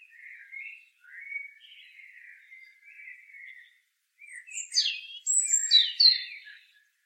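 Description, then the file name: European robin: low-key warbled notes for a few seconds, then a sudden rush of loud, sharp, very high notes to close. "Erithacus rubecula"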